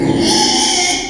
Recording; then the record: squeal of a Yucatan mini pig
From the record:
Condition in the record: after surgery on the right vocal fold (resection and tissue-engineered implant); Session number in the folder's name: 2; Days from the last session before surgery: 13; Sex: male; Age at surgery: 12 weeks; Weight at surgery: 13 kg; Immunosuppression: cyclosporine, prednisolone